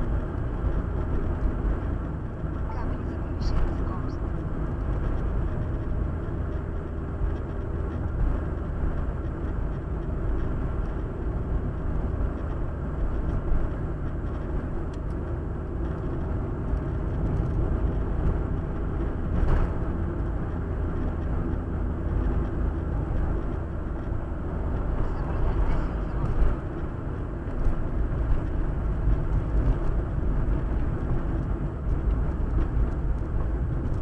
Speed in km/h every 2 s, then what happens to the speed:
62, 61, 60, 60, 58, 58, 58, 58, 58, 60, 61, 58, 56, 57, 56, 54, 52.
0-21 steady at about 60. 21-34 slows to 52.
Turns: none.